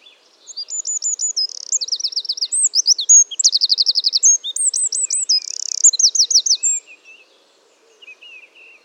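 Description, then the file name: Eurasian wren singing a long, loud, very high song of rapid trills and sharp twittering notes for about six seconds, then a few softer scattered notes. "Troglodytes troglodytes"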